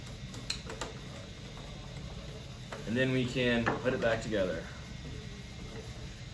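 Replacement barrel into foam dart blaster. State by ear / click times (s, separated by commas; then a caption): seated / 0.5 s. A tighter replacement barrel slides into a foam dart blaster where the original barrel was and locks into place with a sharp click at 0.5 s. A second, softer click follows at 0.8 s and a light knock at 2.7 s. Someone then talks.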